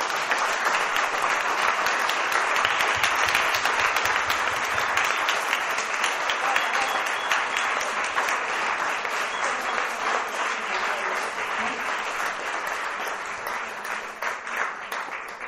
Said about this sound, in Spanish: Chicas, vamos a ir cerrando. Yo les propongo que le demos un gran aplauso a todas las mesas.